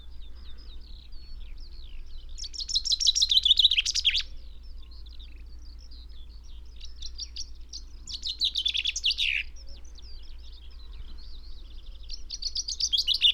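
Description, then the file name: Common chaffinch song given twice as descending trills with a terminal flourish, with a third starting at the end, while fainter high chirps from other birds run through the background. "Fringilla coelebs"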